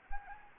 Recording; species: mosquito wingbeat signal from an infrared sensor; Anopheles gambiae